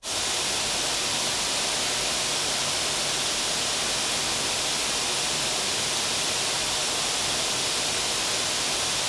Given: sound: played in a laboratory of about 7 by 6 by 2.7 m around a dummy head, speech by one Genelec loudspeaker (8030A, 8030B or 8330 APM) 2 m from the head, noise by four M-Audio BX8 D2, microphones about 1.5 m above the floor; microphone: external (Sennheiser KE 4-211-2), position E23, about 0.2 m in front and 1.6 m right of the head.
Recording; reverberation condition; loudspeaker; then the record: white noise; high; four, about 170 cm from the corners of the room and facing them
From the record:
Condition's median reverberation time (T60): about 1300 ms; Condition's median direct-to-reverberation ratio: about -4.0 dB